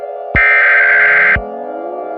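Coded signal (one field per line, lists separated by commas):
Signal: Emergency Alert System (SAME) tones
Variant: header bursts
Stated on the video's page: Fictional EAS scenario, a simulated alert that contains valid SAME tones.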